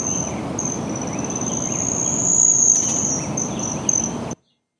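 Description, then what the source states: Broad-tailed Hummingbird wing trill: a thin, high, continuous metallic ringing that brightens in the middle, with steady low noise underneath, ending abruptly. Male in flight during breeding season; wing trill made with the 9th and 10th primary feathers; part of courtship display; likened to jingle bells.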